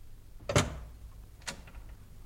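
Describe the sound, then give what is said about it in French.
Two sharp knocks on the door of a friend, Ivan Illich, one evening, about a second apart, the first louder and fuller than the second, with a low hum underneath and no voices. “Un soir, abandonnant les invités de Praskovia Fedorovna, je vins frapper à la porte de mon ami.”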